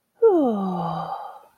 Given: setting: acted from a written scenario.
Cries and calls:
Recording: vocal sound without words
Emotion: serenity

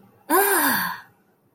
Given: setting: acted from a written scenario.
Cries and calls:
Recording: vocal sound without words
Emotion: disgust

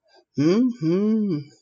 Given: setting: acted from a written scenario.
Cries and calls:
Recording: vocal sound without words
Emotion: romantic love

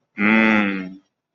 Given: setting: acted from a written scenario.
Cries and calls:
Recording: vocal sound without words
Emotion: desire

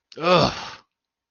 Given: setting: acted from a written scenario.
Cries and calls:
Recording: vocal sound without words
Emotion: disgust

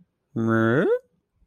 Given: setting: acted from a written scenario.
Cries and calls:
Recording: vocal sound without words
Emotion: interest

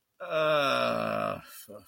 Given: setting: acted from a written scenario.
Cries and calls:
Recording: vocal sound without words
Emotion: embarrassment

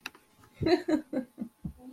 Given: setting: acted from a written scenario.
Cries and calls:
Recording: vocal sound without words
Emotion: amusement

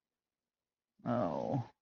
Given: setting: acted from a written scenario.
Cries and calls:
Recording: vocal sound without words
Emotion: embarrassment

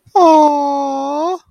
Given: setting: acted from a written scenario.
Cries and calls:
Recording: vocal sound without words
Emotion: adoration

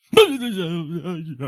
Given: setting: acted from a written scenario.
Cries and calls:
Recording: vocal sound without words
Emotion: fear

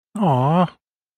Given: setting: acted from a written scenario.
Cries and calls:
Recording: vocal sound without words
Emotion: sympathy

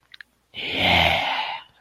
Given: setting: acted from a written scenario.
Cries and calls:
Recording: vocal sound without words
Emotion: contempt

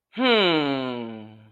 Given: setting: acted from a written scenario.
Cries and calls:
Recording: vocal sound without words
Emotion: pride

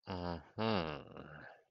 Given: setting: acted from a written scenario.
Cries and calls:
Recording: vocal sound without words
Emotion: contempt

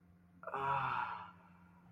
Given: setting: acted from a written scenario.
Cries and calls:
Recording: vocal sound without words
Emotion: ecstasy

